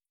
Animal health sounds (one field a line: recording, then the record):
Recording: hydrophone in a shrimp aquaculture tank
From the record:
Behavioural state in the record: feeding